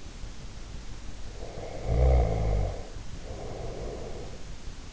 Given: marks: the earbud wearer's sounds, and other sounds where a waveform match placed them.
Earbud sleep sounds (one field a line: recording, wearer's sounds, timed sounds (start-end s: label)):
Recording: sounds in sleep by an in-ear microphone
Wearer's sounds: snoring breath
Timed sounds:
1.22-4.42 s: snoring breath